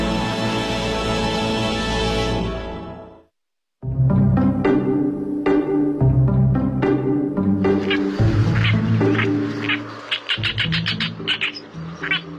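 An Oriental reed warbler sings a loud, harsh, chattering song of rapid repeated croaking and squeaky notes in an uneven rhythm, following a brief swell of steady noise that fades into a short silence.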